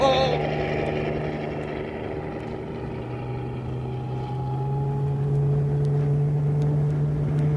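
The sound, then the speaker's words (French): A pursuing helicopter approaching: a steady, droning engine hum with a low tonal whine that grows slightly louder and rises a little in pitch toward the end, with no voices over it. “Par le sceptre d'Otokar, leur hélicoptère est à nos trousses.”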